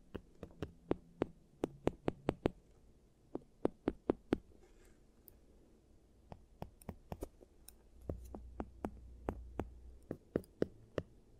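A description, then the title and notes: Giant teeth treatment sounds, heard as crisp, sharp taps and clicks that come in quick bursts, then pause and resume irregularly throughout. A soft low hum runs underneath, and a louder low rumble swells briefly around the eight-to-ten-second mark. Giant Teeth Treatment, Fixing Your Cavities. (No Talking).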